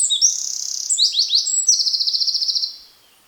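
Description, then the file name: Eurasian wren singing shrill high phrases that end in a rapid, even trill of repeated notes, then the song stops abruptly. "Troglodytes troglodytes"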